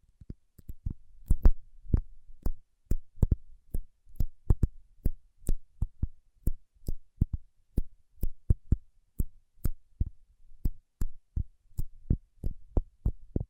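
Paraffin wax is tapped in a steady, fairly quick rhythm, about two or three sharp knocks per second through the whole stretch. Each tap has a dull low thud with a short bright click on top, and brief faint scratching fills some gaps between them.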